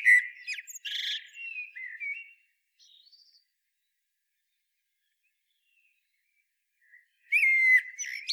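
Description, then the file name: Common blackbird giving a rich whistled phrase with a rough, scratchy end, a long pause, then another loud fluty phrase begins. "Turdus merula"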